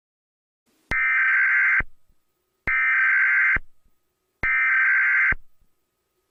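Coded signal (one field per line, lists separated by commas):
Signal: Emergency Alert System (SAME) tones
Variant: header bursts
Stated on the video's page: Fictional analog-horror EAS scenario, a simulated alert.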